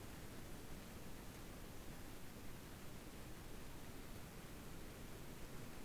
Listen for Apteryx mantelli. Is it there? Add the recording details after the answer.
no. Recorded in New Zealand on 7 January 2015. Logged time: 23:58. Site BX23